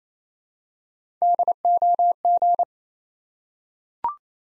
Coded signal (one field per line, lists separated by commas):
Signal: Morse code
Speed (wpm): 29 wpm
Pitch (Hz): 700 Hz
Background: none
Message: DOG